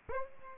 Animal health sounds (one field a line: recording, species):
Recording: mosquito wingbeat signal from an infrared sensor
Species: Aedes aegypti